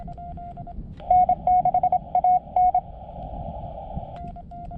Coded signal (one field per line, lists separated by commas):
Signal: Morse code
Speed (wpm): 27 wpm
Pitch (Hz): 730 Hz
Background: radio noise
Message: N6AN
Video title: I'm still learning Morse Code